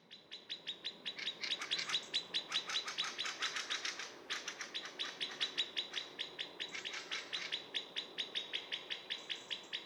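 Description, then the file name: Common blackbird giving a long, insistent stream of hard clicking notes, briefly broken once, then continuing at a steady pace. "Turdus merula"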